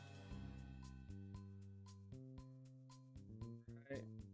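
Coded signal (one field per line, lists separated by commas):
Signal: none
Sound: game sound effects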